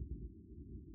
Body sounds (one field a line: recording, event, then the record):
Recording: neck accelerometer signal played as sound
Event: no cough (speech, laughter, throat clearing or background)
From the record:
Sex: male